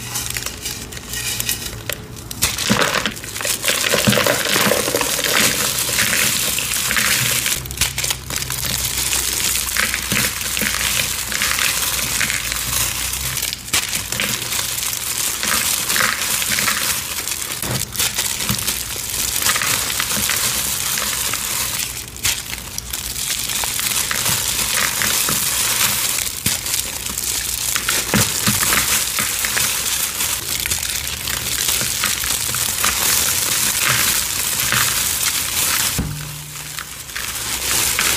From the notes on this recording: Crushing a crispy confetti filled gym chalk slab into a bowl